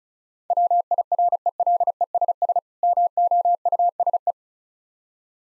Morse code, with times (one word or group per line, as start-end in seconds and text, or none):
0.5-2.6 WIRELESS
2.8-4.3 MOUSE